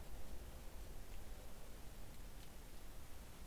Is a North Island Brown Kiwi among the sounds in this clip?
no